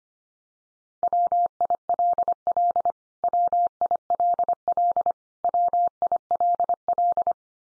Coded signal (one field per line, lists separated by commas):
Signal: Morse code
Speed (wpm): 25 wpm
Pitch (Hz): 700 Hz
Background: none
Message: WILL WILL WILL